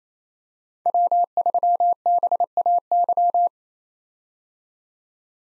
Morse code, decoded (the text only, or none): W3BAY